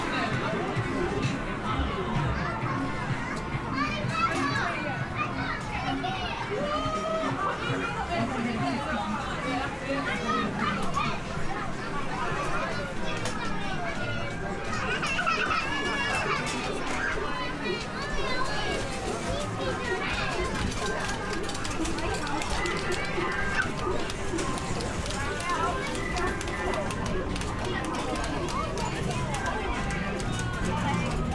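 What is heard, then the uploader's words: A seaside amusement arcade fills with a constant wash of lively chatter, children's voices rising and overlapping throughout. The din stays steady and dense for the whole stretch, with bright bursts of whirring and chiming from machines flaring up around the middle. The nostalgic ambiance of an English seaside town amusement arcade. The sounds of clinking coins, whirring machines, and lively chatter. This binaural field recording captures the vibrant ambiance of a bustling arcade.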